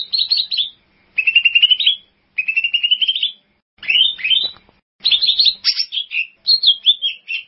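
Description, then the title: Bird song in rapid trilled phrases, some level and buzzy, others with sharply rising whistled notes, separated by short silent gaps. "burung online"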